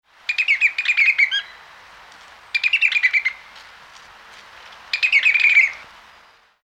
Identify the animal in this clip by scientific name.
Mycerobas affinis